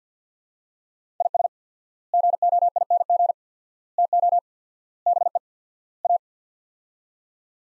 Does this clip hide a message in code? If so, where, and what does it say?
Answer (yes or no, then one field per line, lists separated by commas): yes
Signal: Morse code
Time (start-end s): 1.2-6.2 s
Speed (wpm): 50 wpm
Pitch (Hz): 700 Hz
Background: none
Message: IS GOING TO BE A